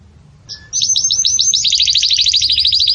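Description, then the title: Canary song: after a brief quiet start, a rapid high trill of sharp chirping notes runs steadily to the end. Bell-like ('campainha') song of the Belgian canary, for teaching young chicks. "Belíssimo Canto Do Canário Belga Campainha Para Encarte De Filhotes"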